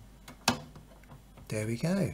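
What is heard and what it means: The plastic access cover over the pump filter on the front panel of a Beko washing machine is refitted and pressed home, snapping shut with a loud, sharp snap at 0.5 s after a faint tick at 0.3 s. Someone then talks briefly, and the cover is seated.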